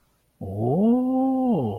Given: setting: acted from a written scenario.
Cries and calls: vocal sound without words; interest

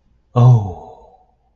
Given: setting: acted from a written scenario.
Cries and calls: vocal sound without words; awe

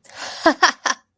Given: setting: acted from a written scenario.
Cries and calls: vocal sound without words; amusement

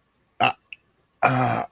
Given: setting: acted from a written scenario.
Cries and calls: vocal sound without words; embarrassment

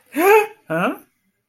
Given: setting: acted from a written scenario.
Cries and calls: vocal sound without words; negative surprise

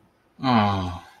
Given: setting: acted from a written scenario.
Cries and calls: vocal sound without words; shame

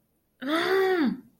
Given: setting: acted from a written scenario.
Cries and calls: vocal sound without words; shame

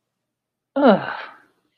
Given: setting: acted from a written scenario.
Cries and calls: vocal sound without words; contempt

